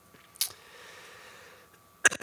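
A short, sharp burst opens, followed by quiet room noise and then a stronger cough of several quick pulses that trails into a rough, throaty voiced sound. This is a productive cough from an adult man with congestion and loss of taste, one that brings up mucus from congested airways.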